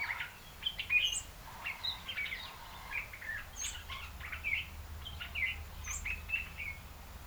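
African red-eyed bulbul giving a jumble of short chattering notes over a steady background hum, with occasional thin high notes.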